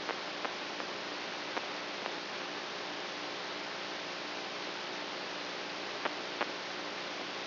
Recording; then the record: brain microelectrode recording played as sound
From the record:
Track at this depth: outside the subthalamic nucleus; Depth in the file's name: 5.002 mm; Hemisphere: right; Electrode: 3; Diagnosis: Parkinson's disease